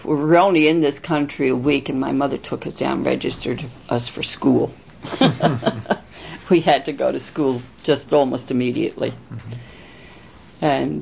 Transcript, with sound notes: We were only in this country a week, and my mother took us down and registered us for school. ( she laughs ) We had to go to school just almost immediately. And...